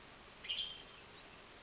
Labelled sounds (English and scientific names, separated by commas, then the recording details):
Western Tanager (Piranga ludoviciana)
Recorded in Sonoma County, California